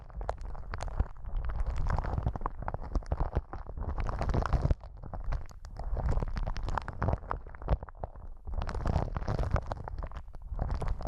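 ASMR massage triggers made with headphones used as a microphone: dense, continuous rubbing and muffled thumping with a heavy low rumble throughout. Bursts of crisp, bright scratching come and go every second or two, with a brief drop in level around the five-second mark.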